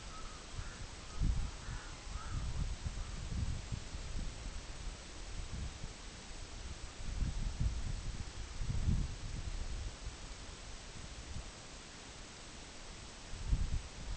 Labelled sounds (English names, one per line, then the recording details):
Red-throated Loon
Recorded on Arctic tundra, site EABA-MC, on 24 June 2019
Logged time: 12:00